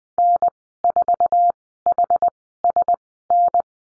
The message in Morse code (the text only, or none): N4HSN